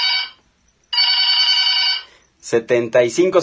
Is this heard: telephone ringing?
yes